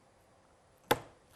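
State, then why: Seated. A metal back is pressed onto a fabric-covered button shell in a button-making tool after several fiddly tries. It snaps home with a single sharp click at 0.9 s, seating the back so the button can then be popped out from the bottom.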